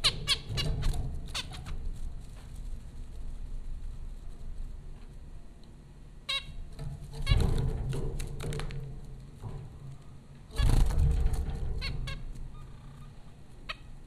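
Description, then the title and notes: Zebra finches trading nasal beeping calls, scattered throughout with louder bursts around the middle and near the end, low hum throughout. Zebra finches at Popcorn School, Flatbush, Brooklyn, New York, in April 2009. "Dronecast: The Popcorn Finches Four from Apr 15, 2009. Zebra finches recorded by Dan Bodah at Popcorn School, Flatbush, Brooklyn NY in April 2009"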